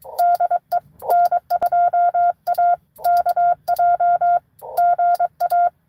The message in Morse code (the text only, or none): DE N2AKJ GA